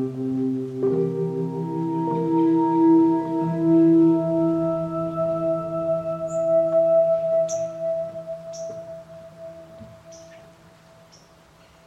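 A swamp in the Lettuce Lakes area of an old bald cypress grove. Several low, steady humming tones overlap and drone through the first half, then slowly fade. From about six seconds, short high chirps repeat roughly once a second.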